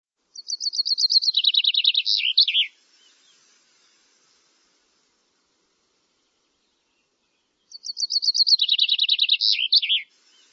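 Bird giving a high trilled phrase of rapid notes that step down in pitch and end in a lower flourish, heard twice about seven seconds apart, in silence.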